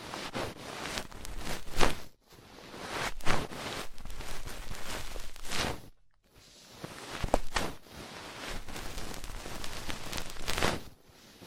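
Deep ear treatment sounds with dense, crackly rustling and scratching that fill the whole range from low rumble to bright hiss. The texture swells and fades in long passes, broken by short near-silent gaps around two, six and eleven seconds.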